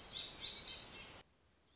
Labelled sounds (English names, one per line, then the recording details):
Black-throated Gray Warbler
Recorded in Sonoma County, California